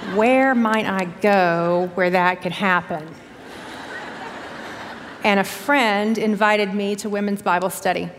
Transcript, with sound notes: Where might I go where that could happen? (laughter) And a friend invited me to women's Bible study.